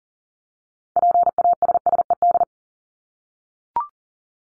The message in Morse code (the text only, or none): PASSED